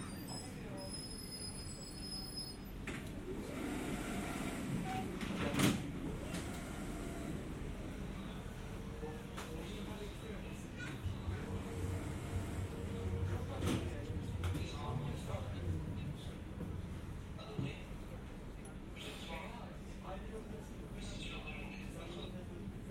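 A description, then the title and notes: A tram ride through Kyoto, with a steady low rumble of the moving car running throughout. Murmured voices come and go, sharp clicks and clacks punctuate it around five and a half seconds and again near fourteen and seventeen seconds, and a brief high electronic tone opens the clip. Generative soundscape based on a two-dimensional random walk between four binaural soundscapes recorded at different tram stations or tram rides in cities around the world. Riding a tram through Kyoto (Japan).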